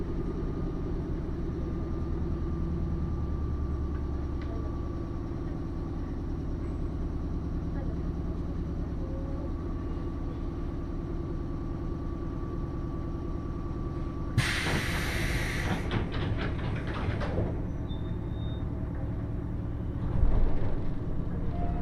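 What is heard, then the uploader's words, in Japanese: A ride on the Fukuen Line train from Fukuyama to Michinoue, with a steady low rumble and a thin constant whine for the first fourteen seconds. Around fourteen seconds a bright hissing burst lasts a few seconds, and a louder thump comes near twenty seconds. 鉄道旅 福塩線 福山→道上。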